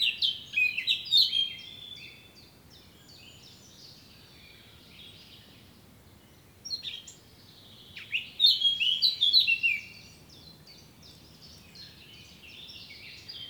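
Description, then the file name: Eurasian blackcap singing short phrases of chattering warble and bright, fluting notes, separated by quiet pauses of several seconds. "Sylvia atricapilla"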